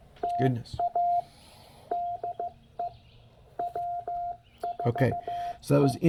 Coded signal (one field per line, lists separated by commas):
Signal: Morse code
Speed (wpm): 15 wpm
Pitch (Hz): 690 Hz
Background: speech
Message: TA DE W4E